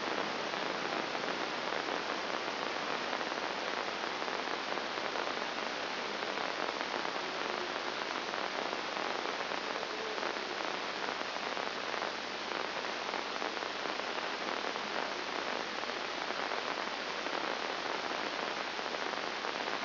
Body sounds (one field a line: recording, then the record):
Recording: brain microelectrode recording played as sound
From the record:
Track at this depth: inside the subthalamic nucleus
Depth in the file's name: 2.304 mm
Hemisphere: left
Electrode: 2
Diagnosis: Parkinson's disease